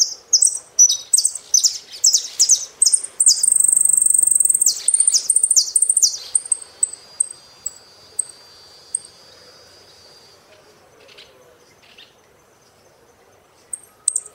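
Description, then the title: Saffron finch song: dense bursts of sharp, high, descending notes and a sustained shrill trill, then quieter thin chirps and a faint buzzy note as the song fades. "Jilguero Argentino"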